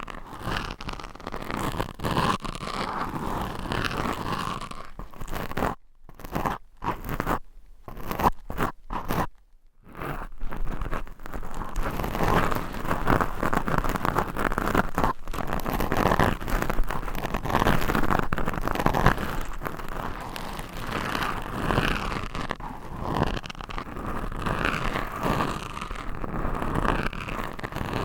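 Mic scratching fills the clip with dense, rough, rasping friction that stays busy almost throughout, mostly low-middle in tone with brighter scratchy edges. Around five to ten seconds it breaks into several short silent gaps, then resumes as a steady, continuous scrape through the end.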